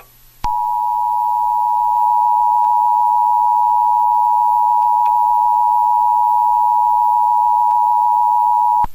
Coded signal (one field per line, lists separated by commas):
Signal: Emergency Alert System (SAME) tones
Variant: 853 and 960 Hz attention tone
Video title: EAS Scenario - Outbreak